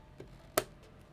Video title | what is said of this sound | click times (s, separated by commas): O11 Vision Compact Build Complete Step-by-Step Guide on How To Build a Gaming PC 9800x3D + RTX 5080 | Okay, and you'll notice that top latch locked it in place. | 0.6 s